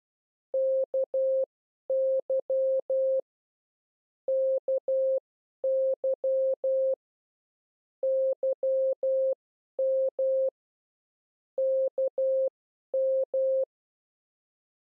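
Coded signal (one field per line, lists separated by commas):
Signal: Morse code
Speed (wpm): 12 wpm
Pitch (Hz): 530 Hz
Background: none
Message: KY KY YM KM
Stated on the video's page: CW learning lesson teaching the letters K, M and Y.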